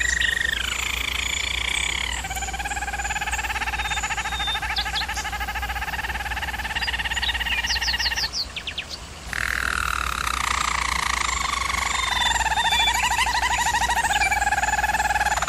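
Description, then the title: German Roller canary producing long, smooth rolling trills, a brief pause mid-way, then resuming with pulsed rising-falling rolls, low hum throughout. Canary training recording of a German Roller canary singing. "German Roller Canary Singing - Canary Training Vid"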